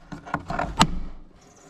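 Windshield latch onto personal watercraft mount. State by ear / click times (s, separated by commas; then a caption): seated / 0.8 s. The top of a Sea-Doo FishPro windshield frame is pushed over and down onto its personal watercraft mount with the shock compressed. A few smaller knocks and rattles at about 0.1, 0.3 and 0.6 s lead to a loud, sharp snap at 0.8 s as the windshield latch locks down, followed by a fading low rumble. The latch is seated.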